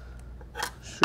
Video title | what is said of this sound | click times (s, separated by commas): Unboxing of FM750 Precision Farming Guidance Monitor | clicks right in there and then 3m | 1.0 s